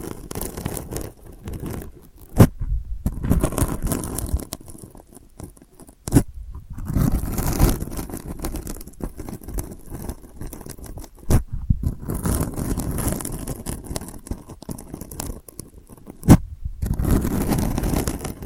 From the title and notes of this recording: ASMR Delicate Scratching for Sleep (No Talking).